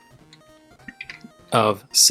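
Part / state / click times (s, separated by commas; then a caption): foot clip into toe peg holes of a transforming robot toy / seated / 1.0 s. The foot clips of a plastic transforming robot toy are lined up with the peg holes on its toes and clipped in, completing the first part of its vehicle mode. Small plastic clicks and handling taps are heard around 0.9 to 1.1 s, with the clip snapping into place at 1.0 s, followed by someone talking.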